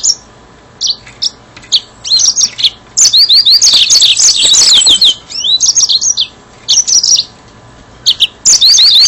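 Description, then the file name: Yellow-fronted canary with scattered high chirps building into a dense burst of quick slurred notes and trills, then further short phrases. "mozambik"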